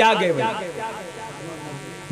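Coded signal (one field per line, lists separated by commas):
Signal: none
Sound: short buzzes under speech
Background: speech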